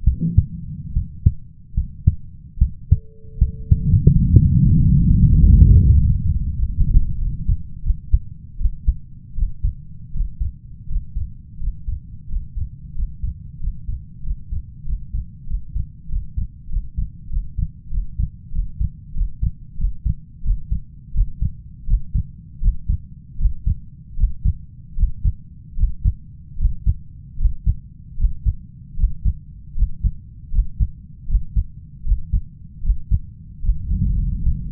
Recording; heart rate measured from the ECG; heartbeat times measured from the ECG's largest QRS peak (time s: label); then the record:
heart sounds by stethoscope; 84 bpm
0.04 s: heartbeat
0.93 s: heartbeat
1.74 s: heartbeat
2.58 s: heartbeat
3.38 s: heartbeat
4.12 s: heartbeat
4.78 s: heartbeat
5.39 s: heartbeat
5.99 s: heartbeat
6.58 s: heartbeat
7.18 s: heartbeat
7.83 s: heartbeat
8.58 s: heartbeat
9.35 s: heartbeat
10.12 s: heartbeat
10.87 s: heartbeat
11.59 s: heartbeat
12.28 s: heartbeat
12.94 s: heartbeat
13.59 s: heartbeat
14.22 s: heartbeat
14.84 s: heartbeat
15.46 s: heartbeat
16.08 s: heartbeat
16.68 s: heartbeat
17.29 s: heartbeat
17.90 s: heartbeat
18.51 s: heartbeat
19.13 s: heartbeat
19.77 s: heartbeat
20.43 s: heartbeat
21.13 s: heartbeat
21.86 s: heartbeat
22.60 s: heartbeat
23.38 s: heartbeat
24.16 s: heartbeat
24.96 s: heartbeat
25.76 s: heartbeat
26.57 s: heartbeat
27.38 s: heartbeat
28.17 s: heartbeat
28.96 s: heartbeat
29.75 s: heartbeat
30.51 s: heartbeat
31.27 s: heartbeat
32.04 s: heartbeat
32.82 s: heartbeat
33.62 s: heartbeat
34.42 s: heartbeat
From the record:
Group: healthy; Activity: rest 0-2 s, breath hold 2-32 s, rest 32-35 s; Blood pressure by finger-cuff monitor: 113/75 mmHg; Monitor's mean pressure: 83 mmHg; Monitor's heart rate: 79 bpm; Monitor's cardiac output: 5.9 L/min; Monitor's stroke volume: 70 mL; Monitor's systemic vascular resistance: 1030 dyn s/cm5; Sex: male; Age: 21 years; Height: 170 cm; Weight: 71 kg